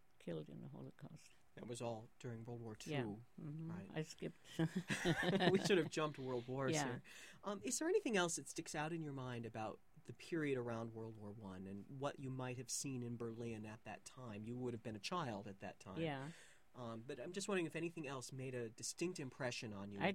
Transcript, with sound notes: killed in the Holocaust.
That was all, during World War Two.
Yeah, um hmm. I skipped (Both laugh)
We should have jumped World Wars here. Is there anything else that sticks out in your mind about the period around World War One, and what you might have seen in Berlin at that time - you would have been a child at that time - but I'm just wondering if anything else made a distinct impression on you…